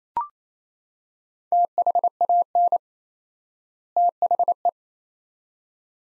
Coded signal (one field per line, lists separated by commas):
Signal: Morse code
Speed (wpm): 28 wpm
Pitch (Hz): 700 Hz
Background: none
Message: THAN THE